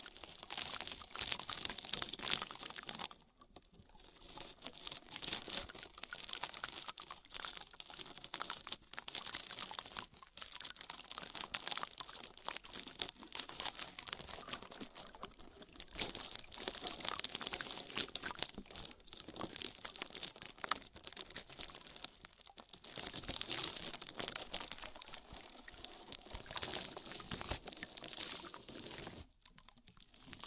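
Bubble bath foam fizzes and crackles in a dense, steady stream of tiny pops, bright and hissy with little low end. The crinkling texture runs almost without pause, easing briefly near 3, 10, 22 and 29 seconds before picking back up.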